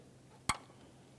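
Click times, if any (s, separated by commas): 0.5 s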